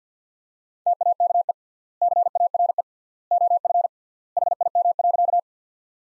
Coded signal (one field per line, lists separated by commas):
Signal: Morse code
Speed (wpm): 50 wpm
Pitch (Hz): 700 Hz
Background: none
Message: TAKE CARE OF HIM.